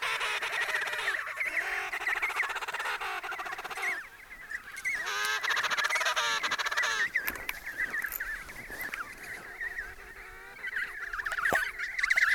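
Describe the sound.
Penguin chorus of braying, trumpeting calls from many birds at once, rising and falling in bursts, with brief quieter dips before the din resumes.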